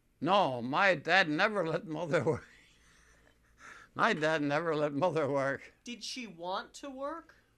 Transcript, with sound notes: No, my dad never let Mother work. (he laughs) My dad never let Mother work.
Did she want to work?